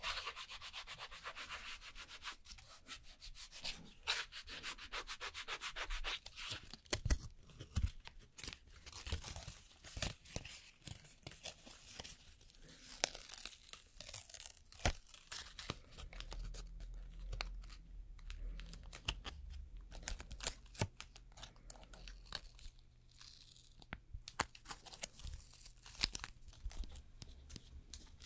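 Nail work with filing, rubbing and scraping, dense clusters of short gritty strokes throughout. Bursts are bright and crisp, strongest around 7, 13 and 24 seconds. A steady low hum runs underneath from about 15 seconds on.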